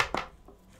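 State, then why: Not seated. A metal-backed cap holding a miniature on sticky tack is handled above the magnet of a Jucoci wooden painting handle, producing brief sharp knocks and rustles near 0.0 s and 0.1 s before fading to quiet. Nothing has seated or snapped into place yet.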